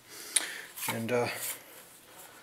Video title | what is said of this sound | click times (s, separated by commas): AK47 and Draco shit | back the opposite way again like if you loosening it until it clicks into place so then you know that's as far as it's going to go | 0.4 s